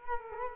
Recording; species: mosquito wingbeat signal from an infrared sensor; Culex quinquefasciatus